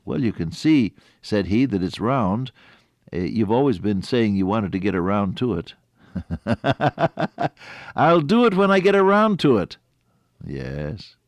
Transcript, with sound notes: “Well, you can see,” said he, “That it’s round. You’ve always been saying you wanted to get a round tuit.” [laughter] “I’ll do it when I get around to it.” Yes.